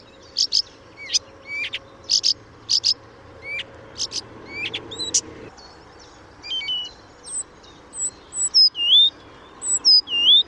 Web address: chant didier collin rousserolle des buissons